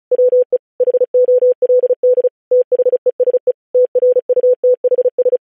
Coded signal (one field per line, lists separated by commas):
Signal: Morse code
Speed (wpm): 36 wpm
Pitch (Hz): 500 Hz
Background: none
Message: WE HOLD THESE TRUTHS